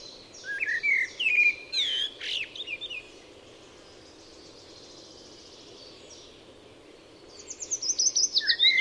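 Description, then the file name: Eurasian blackbird singing a rich warbled phrase that breaks into thin high squeaks, a long pause, then another twittering phrase starting near the end. "Turdus merula"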